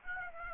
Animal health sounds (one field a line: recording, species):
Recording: mosquito wingbeat signal from an infrared sensor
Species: Aedes aegypti